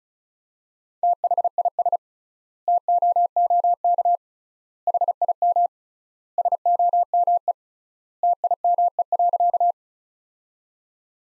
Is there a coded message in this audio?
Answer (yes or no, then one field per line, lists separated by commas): yes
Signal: Morse code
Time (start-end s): 1.0-9.7 s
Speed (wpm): 36 wpm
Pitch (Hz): 700 Hz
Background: none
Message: THIS TOOK HIM SOME TIME.